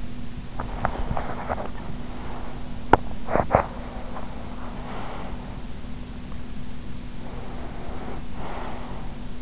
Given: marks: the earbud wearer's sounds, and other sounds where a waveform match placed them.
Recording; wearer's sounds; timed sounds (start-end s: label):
sounds in sleep by an in-ear microphone; teeth grinding, breath
0.57-3.67 s: teeth grinding
3.67-5.48 s: breath
6.65-9.42 s: breath